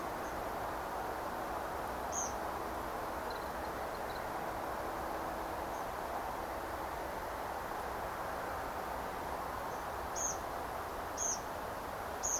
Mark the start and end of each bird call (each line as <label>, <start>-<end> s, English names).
Tree Pipit, 0.23-0.31 s
Tree Pipit, 2.11-2.29 s
Tree Pipit, 5.72-5.83 s
Tree Pipit, 10.15-10.33 s
Tree Pipit, 11.17-11.36 s
Tree Pipit, 12.22-12.39 s